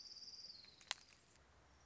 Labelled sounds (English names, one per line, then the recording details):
Orange-crowned Warbler
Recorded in Sonoma County, California